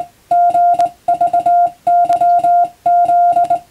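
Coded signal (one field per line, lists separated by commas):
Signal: Morse code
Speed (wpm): 21 wpm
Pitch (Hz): 700 Hz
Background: music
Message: GVYZ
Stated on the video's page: Morse code receiving practice for radiotelegraph operator exam and amateur radio, using European-language telegram practice texts.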